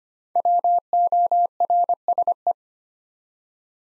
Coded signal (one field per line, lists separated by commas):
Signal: Morse code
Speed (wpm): 25 wpm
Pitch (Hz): 700 Hz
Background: none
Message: WORSE